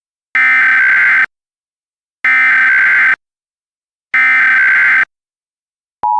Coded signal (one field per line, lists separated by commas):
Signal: Emergency Alert System (SAME) tones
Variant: header bursts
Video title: ⚠ EAS Scenario | The Moorcroft Incident ⚠